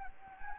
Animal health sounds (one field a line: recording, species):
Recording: mosquito wingbeat signal from an infrared sensor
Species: Anopheles gambiae